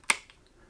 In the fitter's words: Then we just shove it in like that. Listen for the little click.